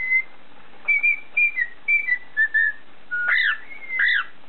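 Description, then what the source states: Cockatiel giving short clear whistles, then two arched notes that rise and fall at the end. Whistling (siulan).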